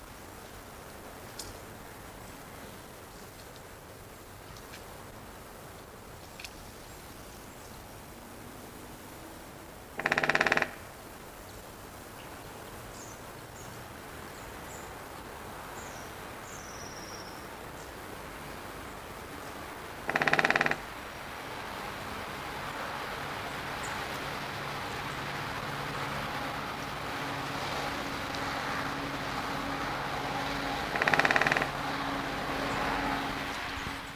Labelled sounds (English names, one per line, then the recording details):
Great Spotted Woodpecker drumming
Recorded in the wild
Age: adult
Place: Zoo Rostock, Mecklenburg-Vorpommern, DE
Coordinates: 54.08, 12.08
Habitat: park
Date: 1984-02-02 12:00
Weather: bedeckt, 2°C
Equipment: Nagra SN, Kopie Uher 4000 Report Monitor
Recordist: Tembrock, Günter